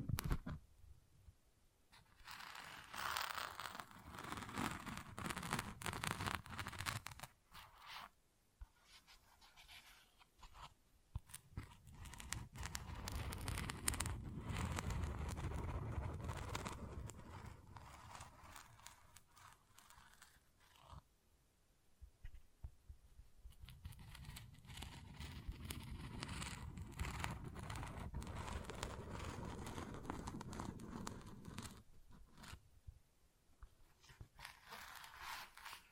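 Dense, rough scratching and tapping on textured surfaces comes in long bursts, broken by short pauses near 8, 11, 22 and 32 seconds.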